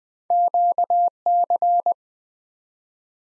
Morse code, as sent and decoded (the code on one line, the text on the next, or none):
--.- -.-.
QC